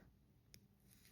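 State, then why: Seated. A metal safety clasp on a vintage sterling silver bracelet is snapped closed, giving a sharp click at 0.5 s over a quiet background. A few fainter taps follow, and the clasp is seated.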